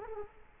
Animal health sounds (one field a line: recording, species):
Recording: mosquito wingbeat signal from an infrared sensor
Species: Culex quinquefasciatus